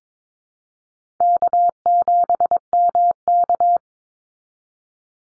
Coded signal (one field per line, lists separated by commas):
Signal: Morse code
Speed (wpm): 22 wpm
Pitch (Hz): 700 Hz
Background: none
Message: K7MK